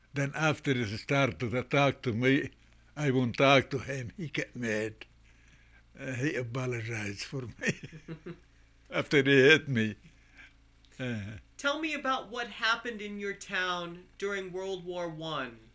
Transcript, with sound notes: Then after he started to talk to me, I won't talk to him. He get mad. And he apologize for me, (he laughs) after he hit me.
Tell me about what happened in your town during World War I?